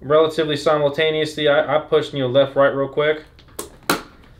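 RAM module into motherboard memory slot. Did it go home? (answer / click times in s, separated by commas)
yes / 3.9 s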